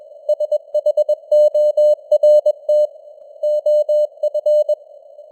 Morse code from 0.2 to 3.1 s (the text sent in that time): SHORT